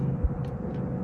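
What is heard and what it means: A folding part of a 1000-watt Jue Shuai electric scooter bought from Amazon is handled as it folds toward its lock low on the frame. A steady low rumble runs throughout, with a brief low thump around 0.3 s and faint high hisses near 0.5 s and 0.8 s. Nothing has seated or clicked into place yet.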